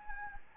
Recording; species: mosquito wingbeat signal from an infrared sensor; Anopheles gambiae